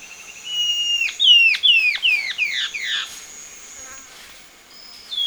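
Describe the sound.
Bird gives a drawn-out whistle, then a quick run of loud downslurred notes that soften and blur, and a short high whistle near the end; faint steady high hum behind.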